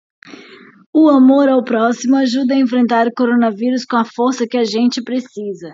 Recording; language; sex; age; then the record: spoken sentence; Brazilian Portuguese; female; 30 to 39 years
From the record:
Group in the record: control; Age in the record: 35 years